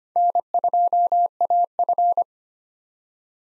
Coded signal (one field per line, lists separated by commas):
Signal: Morse code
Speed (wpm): 25 wpm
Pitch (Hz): 700 Hz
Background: none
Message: N2AF